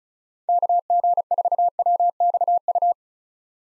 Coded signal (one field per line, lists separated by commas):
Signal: Morse code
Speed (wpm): 36 wpm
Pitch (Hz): 700 Hz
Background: none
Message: KG4WXU